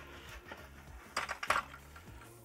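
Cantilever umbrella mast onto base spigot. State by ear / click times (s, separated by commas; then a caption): seated / 1.5 s. Two people lower a Shadowspec Serenity cantilever umbrella mast and walk it over the base spigot until it drops and locks into place. A quick run of metallic knocks starts around 1.2 s over a steady low background hum, with the loudest, sharpest knock at 1.5 s as the mast seats and locks onto the spigot.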